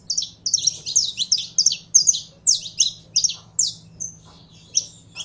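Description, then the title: Belgian canary song, rapid high chirps early on, then slower, spaced single notes, over a faint low hum. Song of a pure Belgian canary. "Canto Do Canário Belga Puro"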